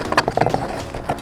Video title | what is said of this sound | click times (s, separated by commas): Ozark Trail 4 in 1 portable stove (PRODUCT REVIEW) | It doesn't lock in, there's nowhere for it to attach, so this is going to be solely for your smaller, | none